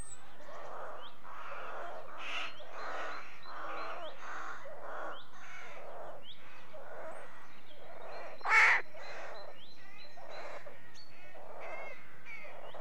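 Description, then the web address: Rooks calling in a busy chorus of overlapping hoarse caws and croaks, with one sharper, louder call standing out partway through. At a rookery, with nests. "BBC Sound Effects Library. Rookery"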